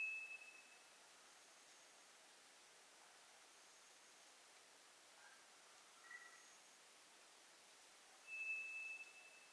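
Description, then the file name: White's thrush gives a flat thin whistle at the start and another near the end, with steady hiss throughout. Recorded on 2 July 2007. "toratugumi-20070702"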